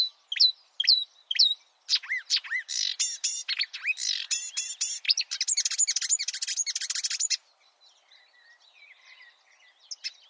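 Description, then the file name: Marsh warbler starting with spaced sharp whistles, building to a dense buzzy chattering run, then falling to faint soft notes. "suara-kicauan-burung-marsh-warbler -omkicau"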